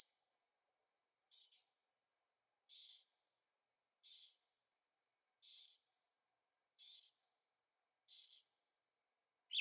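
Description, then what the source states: Bird calls: harsh, hissing high bursts repeated about every one and a half seconds, each carrying a faint thin whistle, against a quiet background. At night in Carefree, Arizona; birds singing; recorded with Zoom H6 and stereo microphones.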